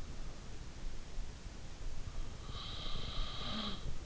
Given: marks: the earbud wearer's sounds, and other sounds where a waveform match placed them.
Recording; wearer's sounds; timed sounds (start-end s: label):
sounds in sleep by an in-ear microphone; snoring breath
2.52-3.96 s: snoring breath